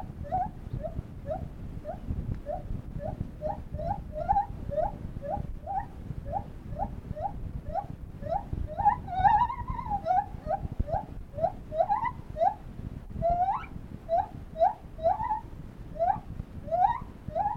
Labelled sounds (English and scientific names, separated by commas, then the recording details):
Lar Gibbon (Hylobates lar)
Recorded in captivity
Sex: male
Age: adult
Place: Tierpark Berlin, Berlin, DE
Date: 1968-10-19
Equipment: Uher 4200 Report Stereo, Sennheiser MD 421
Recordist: Tembrock, Günter